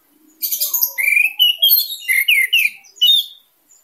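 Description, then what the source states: Orange-headed thrush song: one continuous energetic phrase of bright slurred whistles mixed with high scratchy notes, lasting about three seconds. Singing intensely, in full vigour.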